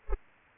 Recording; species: mosquito wingbeat signal from an infrared sensor; Culex pipiens